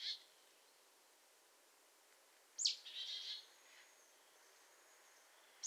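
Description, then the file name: Marsh tit call: a sharp high note dropping in pitch, then a run of harsh buzzy notes, with further clipped notes at the very start and end. "Poecile palustris"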